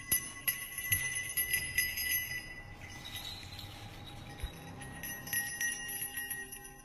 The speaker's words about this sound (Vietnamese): Thì quả thật, bên tai nó nghe thấy âm thanh. Nhưng không phải là tiếng người nào cả mà là tiếng chuông. Tiếng chuông leng keng ngay đầu cổng.